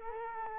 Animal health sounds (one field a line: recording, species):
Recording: mosquito wingbeat signal from an infrared sensor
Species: Culex quinquefasciatus